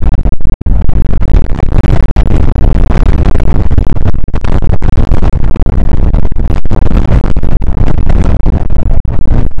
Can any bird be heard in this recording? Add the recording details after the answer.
no. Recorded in the Prudhoe Bay oil fields, Alaska, on 2 August 2019 at 01:34. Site 29